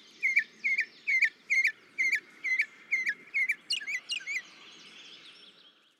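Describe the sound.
Northern mockingbird song of repeated squeaky, chattering notes, about two per second, shifting to a higher variant partway through, then trailing off.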